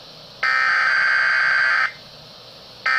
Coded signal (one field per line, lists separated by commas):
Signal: Emergency Alert System (SAME) tones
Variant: header bursts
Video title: EAS 122-123 (Reissued Freezing Rain Warning)